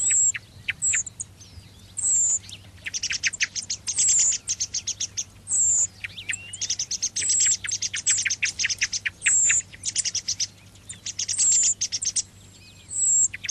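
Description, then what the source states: Thrush song in repeated phrases: thin high whistled notes alternating with rapid bursts of sharp chirps, over a constant low hum. Song phrases ('moduli').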